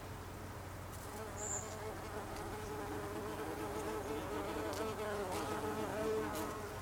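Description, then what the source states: Bumblebee humming, a continuous wavering drone throughout, with a faint brief high squeak near the start. Bumblebees, plural in the Icelandic name, recorded on 26 August 2012.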